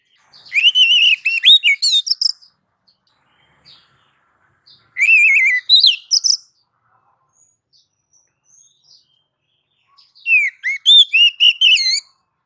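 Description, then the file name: Oriental magpie-robin producing three separate bursts of rapid, varied whistled and chirping notes, each lasting one to two seconds, separated by quiet gaps. Female calling to the male. "Kacer betina memanggil jantan"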